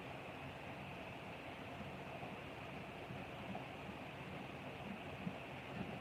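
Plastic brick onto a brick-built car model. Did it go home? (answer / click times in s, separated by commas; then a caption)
no / none. A plastic building brick is pressed onto a brick-built toy car model during a live build and fails to snap in, which the builder blames on poor clutch power. Only a steady broadband hum with a mid-range band is heard, with no clear hits. Nothing has seated or clicked yet.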